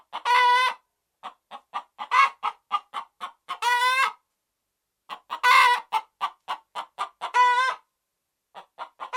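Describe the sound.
Red junglefowl alternating runs of quick clucks with about five long, harsh, harmonic calls spread throughout.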